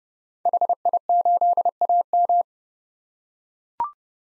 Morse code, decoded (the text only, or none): HI8AM